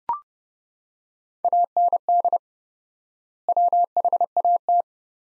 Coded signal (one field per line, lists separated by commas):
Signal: Morse code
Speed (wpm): 30 wpm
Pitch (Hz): 700 Hz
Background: none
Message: AND WHAT